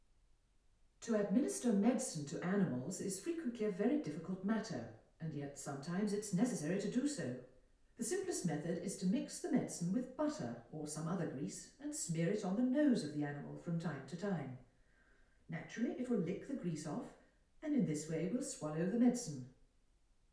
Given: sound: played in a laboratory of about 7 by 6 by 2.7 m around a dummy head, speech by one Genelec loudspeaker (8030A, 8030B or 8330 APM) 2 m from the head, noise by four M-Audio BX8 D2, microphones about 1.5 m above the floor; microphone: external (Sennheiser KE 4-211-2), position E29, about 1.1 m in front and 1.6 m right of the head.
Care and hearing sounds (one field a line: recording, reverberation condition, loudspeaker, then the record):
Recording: female speech in English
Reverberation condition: medium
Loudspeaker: 150 degrees to the left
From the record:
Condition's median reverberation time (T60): about 510 ms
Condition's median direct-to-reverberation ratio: about -0.5 dB